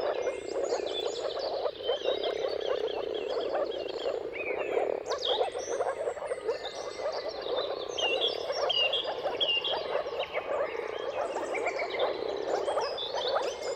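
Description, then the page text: Moor frogs call continuously in a thick, soft bubbling chorus; a dawn chorus of varied bird song and chirps runs throughout. Moor frogs' mating calls in a chorus at sunrise, at the turn of March and April, timing depending on the weather. "Jakub-Orzecki moor frogs. Dawn’s Chorus: Mating Calls of Marsh Frogs at Sunrise. Depending on the weather at the turn of March and April, you can witness an amazing spectacle of moor frogs"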